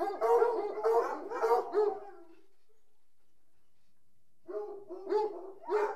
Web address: The BBC Sound Effects Library - Complete 60 CDs Collection Sound Effects Library-38 (Horses # 2 and Dogs)